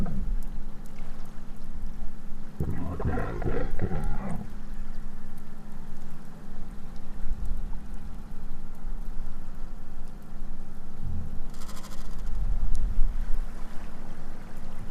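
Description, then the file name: Minke whale making low pulsed sounds, with a louder rough burst early on, over constant underwater rumble. "Minke Vocalisations"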